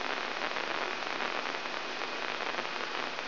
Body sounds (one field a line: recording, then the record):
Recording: brain microelectrode recording played as sound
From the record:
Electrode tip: inside the subthalamic nucleus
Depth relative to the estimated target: 1 mm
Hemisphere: right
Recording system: AlphaMap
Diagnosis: Parkinson's disease